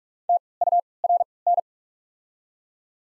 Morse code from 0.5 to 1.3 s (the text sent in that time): U R